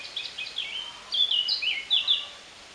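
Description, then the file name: Eurasian blackcap warbling song: quick chattering notes, then brighter fluty phrases that rise and fall, delivered in short bursts over faint background hiss. "Sylvia atricapilla"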